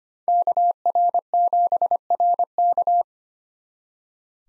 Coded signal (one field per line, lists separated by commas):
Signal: Morse code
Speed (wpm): 25 wpm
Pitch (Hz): 700 Hz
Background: none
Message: KR7RK